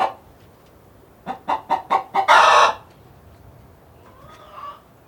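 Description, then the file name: Chicken calls: a quick series of short clucks into one loud, long harsh squawk, then a faint, thin cackle near the end. Several chickens recorded inside a hen house on a farm. "felix blume animals chickens"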